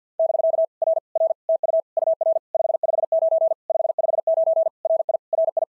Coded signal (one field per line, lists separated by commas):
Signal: Morse code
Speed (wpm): 48 wpm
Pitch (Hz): 660 Hz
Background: none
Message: <BK> R R TU UR 559 559 RI RI